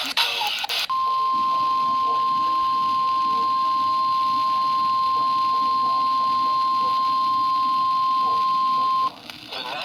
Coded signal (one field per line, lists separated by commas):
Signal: Emergency Alert System (SAME) tones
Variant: 1050 Hz attention tone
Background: speech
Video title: Fludz before Work | EAS Alerts from 6/6/25 | EAS#2,085-2,093